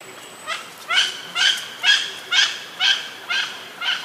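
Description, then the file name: Mandarin duck giving a steady series of high, clipped whistling calls, roughly two per second, after a brief quiet start. "oshidori"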